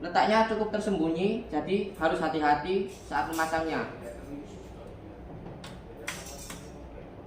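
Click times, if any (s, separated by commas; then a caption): 6.1 s. A 4-pin CPU power connector is pushed into its motherboard header next to the CPU fan and heatsink, a spot that is hidden and needs careful fitting. Someone talks for the first four seconds, then a small tap sounds at 5.6 s and a sharper click at 6.1 s as the connector latches in and is seated.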